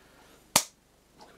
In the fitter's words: we go nice secure click there okay so that's the iPad on